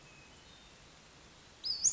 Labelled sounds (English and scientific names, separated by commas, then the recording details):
Western Flycatcher (Empidonax difficilis)
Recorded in Sonoma County, California